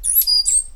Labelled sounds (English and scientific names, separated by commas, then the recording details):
Stitchbird (Notiomystis cincta) song
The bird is a male
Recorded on Tiritiri Matangi Island, New Zealand, in 2005
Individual 8, of nest box 10